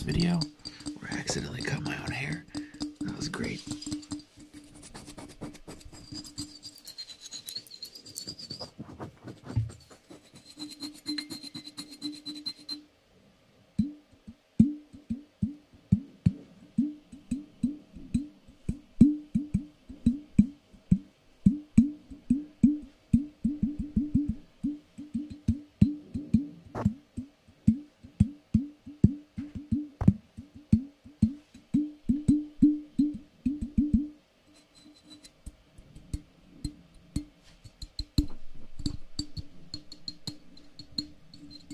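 Fingers tap on a small vase and some boxes. The first dozen seconds are busier, with brushing, scraping and a steady high tone, then from about 13 seconds come quick, regular taps in dense bursts with short pauses, easing off toward the end.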